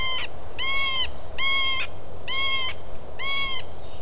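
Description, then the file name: Middle spotted woodpecker mewing call: five nasal, squealing notes in an even series, over a low background rumble. "közép fakpáncs nyávogás"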